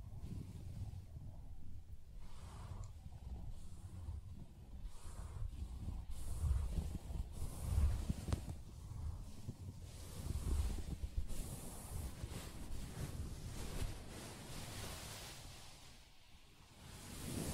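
Soft tapping and scratching on a fabric surface, heard as a continuous rough rustle over dull low thumps. Brighter scratchy strokes recur every second or so, busiest around the middle and from ten to twelve seconds, then the sound eases off near the end.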